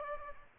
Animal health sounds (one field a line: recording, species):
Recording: mosquito wingbeat signal from an infrared sensor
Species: Aedes aegypti